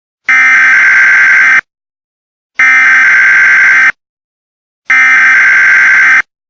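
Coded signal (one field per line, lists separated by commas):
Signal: Emergency Alert System (SAME) tones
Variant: header bursts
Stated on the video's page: Fictional EAS scenario about nuclear chaos in Oklahoma and an abduction in Maine.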